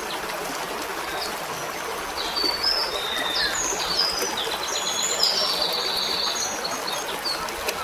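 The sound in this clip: Birds singing, with short high chirps and whistled notes overlapping against steady background noise.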